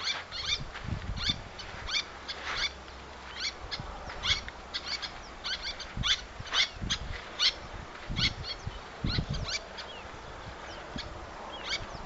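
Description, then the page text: Little tern calls, many rapid high clipped notes. "Albert Lastukhin - Малая крачка (Sterna albifrons)"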